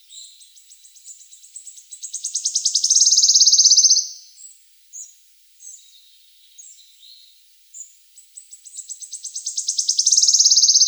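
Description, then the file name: Wood Warbler song: a ticking trill accelerating into a shimmering buzzy trill, scattered short high notes in between, then the same accelerating trill again at the end. "Penochka treshhotka"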